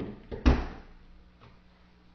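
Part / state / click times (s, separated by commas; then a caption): assembly part into rifle receiver / seated / 0.5 s. During reassembly of an AK47 rifle, a part is slid back down into the receiver until it snaps into its seat. A faint knock at 0.3 s is followed by a sharp, loud click at 0.5 s, then a quiet tail. The part pops into place and is seated.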